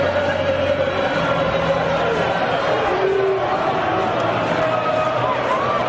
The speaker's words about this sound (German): Und das Publikum ist begeistert. Und sie machen die Ola hier im Stadion Camp Nou. Das Konzert ist bombastisch in jeglicher Weise. Die Fanmassen sind es 60, 70, 80.000.